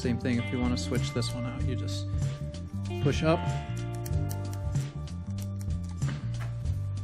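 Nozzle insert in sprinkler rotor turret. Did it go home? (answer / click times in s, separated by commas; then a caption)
no / none. Someone talks over background music while pushing up on the plastic nozzle insert in the rotor turret of a Rain Bird Maxi-Paw 2045A sprinkler to release it. A few faint taps and rattles are heard, but the nozzle has not clicked free yet, so the release fails.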